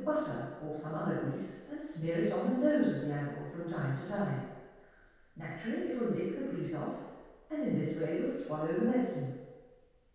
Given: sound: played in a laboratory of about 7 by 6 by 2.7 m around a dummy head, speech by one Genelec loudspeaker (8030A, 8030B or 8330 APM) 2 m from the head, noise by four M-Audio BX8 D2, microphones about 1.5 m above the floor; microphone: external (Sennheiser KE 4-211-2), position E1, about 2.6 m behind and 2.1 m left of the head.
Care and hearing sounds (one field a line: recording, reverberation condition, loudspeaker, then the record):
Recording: female speech in English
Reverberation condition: high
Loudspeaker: 90 degrees to the left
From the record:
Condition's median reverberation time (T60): about 1300 ms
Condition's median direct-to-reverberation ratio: about -4.0 dB